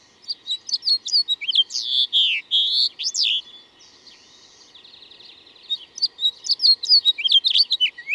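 Bird song: rapid varied chirps and swooping whistled notes, a buzzy trill in the middle, then another burst of quick chirping phrases.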